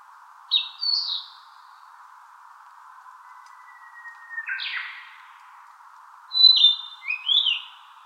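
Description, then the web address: Narcissus flycatcher song: three short bright whistled phrases with quick sliding notes, separated by short pauses, over a steady background hum. 19 April 2018. "birdenaga kibitaki 180419"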